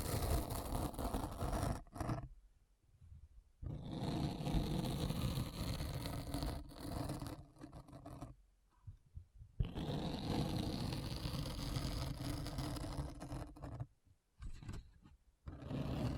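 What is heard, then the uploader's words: Rough, raspy scratching runs in long dense stretches, a gritty rasp with a deep rumbling undertone. It stops for short silent gaps near 2, 8 and 14 seconds, then resumes at full strength, with brief clicks and scrapes around each pause. ASMR Deep Brain Scratch (No Talking).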